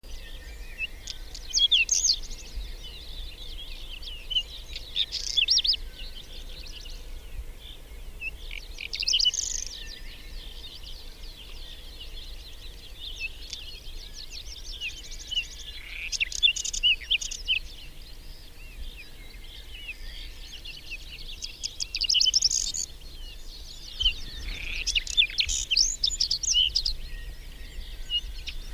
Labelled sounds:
Whinchat song
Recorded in the wild
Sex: male
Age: adult
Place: Schönow, Naturpark Barnim, Brandenburg, DE
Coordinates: 52.6892, 13.5014
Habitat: meadow
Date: 2005-05-01
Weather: clear, 10°C, no wind
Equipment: Edirol R-4, Sennheiser MKH 70, Windschutz
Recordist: Frommolt, Karl-Heinz

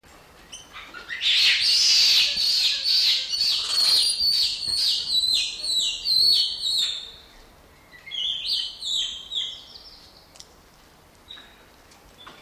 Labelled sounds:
Tufted Capuchin
Black-handed Spider Monkey
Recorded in captivity
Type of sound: scream, call
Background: Ateles geoffroyi
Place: Tiergarten Schönbrunn, Wien, AT
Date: 1989-06-08 20:53
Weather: fair, 14°C
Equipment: Sony WM-D6C, Kopie Tesla B 116
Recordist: Tembrock, Günter
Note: Gehaupter Kapuziner (Haubenkapuziner bzw. Faunaffe): Dazwischen Geoffroy-Klammeraffe

